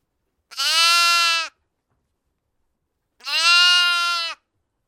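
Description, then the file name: Two long, steady lamb bleats, each about a second, strongly harmonic and slightly wavering, separated by a pause of nearly two seconds. "zvuki iagnenka"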